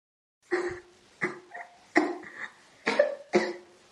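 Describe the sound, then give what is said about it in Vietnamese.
A woman with a longstanding illness coughs dryly in a string of about five sharp, hacking bursts with small rasping catches between them, fairly loud and uneven in rhythm, with no talking. “thấy nàng ta lại bắt đầu ho khan, thuận miệng hỏi, đã uống thuốc chưa?”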